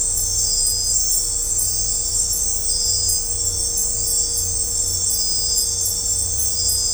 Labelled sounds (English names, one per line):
none